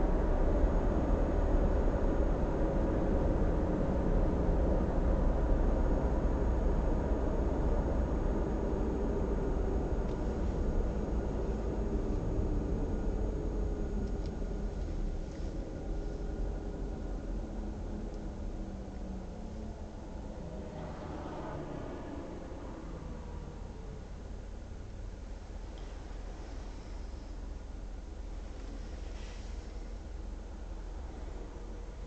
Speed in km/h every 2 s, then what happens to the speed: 71, 70, 65, 59, 47, 37, 21, 17, 7, 0, 0, 0, 0, 0, 0, 0.
0-18 brakes to 0. 18-32 standing.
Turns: none.